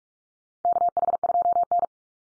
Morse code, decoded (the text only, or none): KH2N